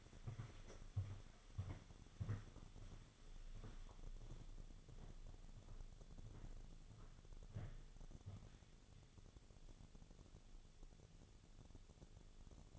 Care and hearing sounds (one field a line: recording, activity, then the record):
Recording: daily activity, microphone in the room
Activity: walk to room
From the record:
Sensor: 4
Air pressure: 1000.8 hPa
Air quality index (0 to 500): 116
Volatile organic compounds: 1 ppm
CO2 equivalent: 879 ppm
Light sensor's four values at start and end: 71/175/75/80 and 70/173/74/79